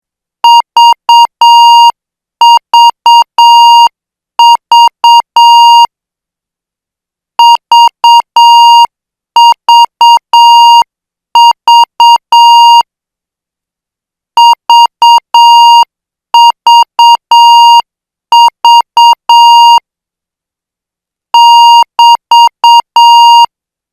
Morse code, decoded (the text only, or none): VVV VVV VVV <BT>